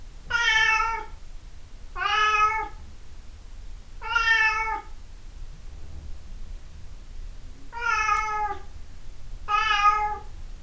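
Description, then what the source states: Cat meowing, five steady, slightly drawn-out meows spaced about two seconds apart, with a pause in the middle and a low hum underneath. 26 April 2008.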